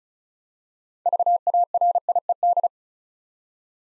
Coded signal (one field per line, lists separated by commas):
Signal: Morse code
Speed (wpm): 36 wpm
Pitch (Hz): 700 Hz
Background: none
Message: VARIED